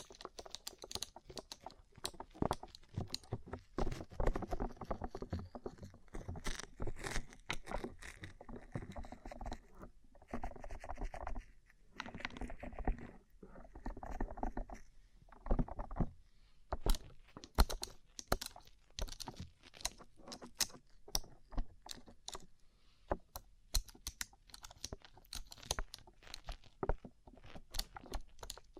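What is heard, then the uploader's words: Rhinestone-covered tapping: a rapid, dense run of small clicky taps with a glittery, jangling edge. The pattering continues almost without pause, briefly thinning around 13 seconds, and a few sharper, louder taps stand out after 17 seconds. ASMR Rhinestone Covered Tapping 3Dio (No Talking).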